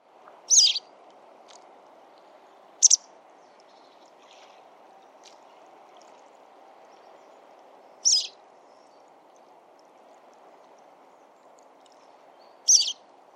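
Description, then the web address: Bird calls, short high chirps at irregular intervals, four clear notes over about thirteen seconds, with a steady low rushing background. "birddata Bird Only"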